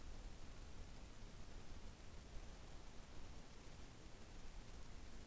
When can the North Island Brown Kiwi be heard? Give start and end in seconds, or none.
none